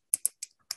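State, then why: Seated. A rotator head mounted on a tripod L bracket with an Arca-Swiss mount is turned, and its metal detent clicks into notches at set intervals. Four sharp, bright clicks land at about 0.1, 0.3, 0.4 and 0.7 seconds, with a much fainter tick near 0.5 seconds. Each click shows the detent seating into a notch.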